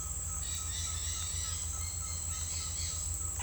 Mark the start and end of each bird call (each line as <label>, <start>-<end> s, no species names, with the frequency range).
bird call (0.7-1.9 kHz), 0.00-3.37 s